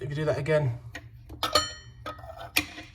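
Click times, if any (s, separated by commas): 2.6 s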